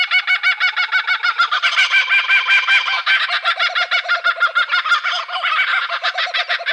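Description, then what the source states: Laughing kookaburra laughing loudly in a fast, continuous series of harsh, rhythmic cackles. Garden birds of Canberra, Australia.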